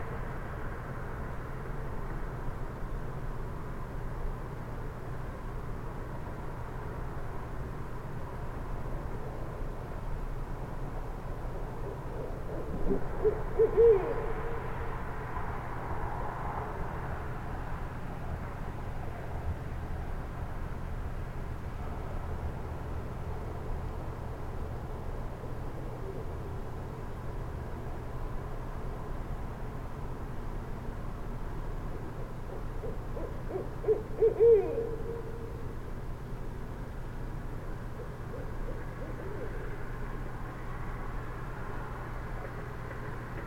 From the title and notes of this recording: In west Dyke Marsh, a Barred Owls calls in the foreground, another responding in background (after 3 min), then calling back and forth. Additionally some cars can be heard on the George Washington Memorial Parkway. Fostex FR2, Sennheiser ME62, and Telinga Parabola. 64 degrees, cloudy and then light rain increasing (sounds like static).